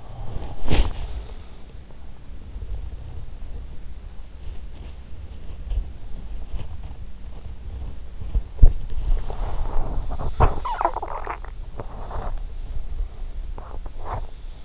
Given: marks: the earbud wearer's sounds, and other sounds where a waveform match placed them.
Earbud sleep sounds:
sounds in sleep by an in-ear microphone; body movement, swallowing
0.00-14.65 s: body movement
10.01-11.93 s: swallowing

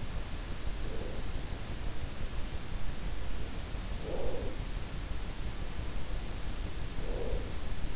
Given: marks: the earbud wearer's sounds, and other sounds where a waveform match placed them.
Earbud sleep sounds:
sounds in sleep by an in-ear microphone; breath
0.34-1.64 s: breath
3.79-5.05 s: breath
6.74-7.96 s: breath

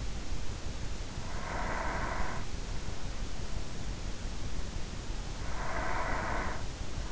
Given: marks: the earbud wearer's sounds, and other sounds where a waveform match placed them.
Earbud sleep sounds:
sounds in sleep by an in-ear microphone; breath
1.09-2.92 s: breath
5.47-7.12 s: breath

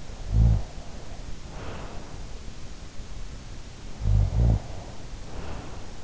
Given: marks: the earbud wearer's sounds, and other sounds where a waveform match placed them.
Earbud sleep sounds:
sounds in sleep by an in-ear microphone; snoring breath
0.02-2.79 s: snoring breath
3.84-6.04 s: snoring breath

